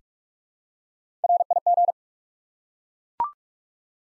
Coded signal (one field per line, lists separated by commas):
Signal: Morse code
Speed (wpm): 43 wpm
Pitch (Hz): 700 Hz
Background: none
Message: RIG